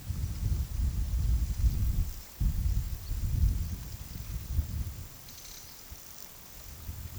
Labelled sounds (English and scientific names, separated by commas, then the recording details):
none
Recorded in pastures near Puerto Asís, Putumayo, Colombia, on 20 February 2024 at 12:00
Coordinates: 0.466, -76.323
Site G6384